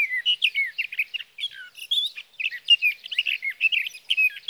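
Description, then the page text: Sage thrasher song: a continuous jumble of quick warbling phrases, squeaky and slurred, running without pause through the whole stretch. Song of a male, recorded through three nights from June 12 evening to June 15 morning, 2018, near his night roost in Sierra Valley, California, with a Swift recorder; night songs. "61. Sage thrasher songs, through the night."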